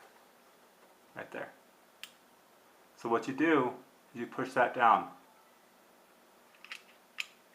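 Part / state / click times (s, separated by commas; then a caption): control lever on a semi-automatic pistol frame / seated / 7.2 s. Someone talks while pushing the control lever down on the steel and polymer frame of a Ruger P95 semi-automatic pistol during a field strip. After a few faint ticks, the lever clicks down into place with a sharp click at 7.2 seconds.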